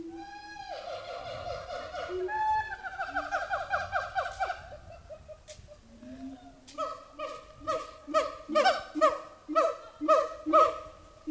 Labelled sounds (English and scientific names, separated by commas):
Siamang (Symphalangus syndactylus)